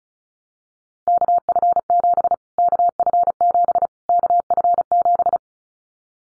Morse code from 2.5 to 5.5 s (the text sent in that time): KF7 KF7